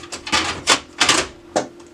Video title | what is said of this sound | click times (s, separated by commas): Brother HL-2170W - How to Change Your Toner - Onyx Imaging | you hear it click you know it's in there | 1.0 s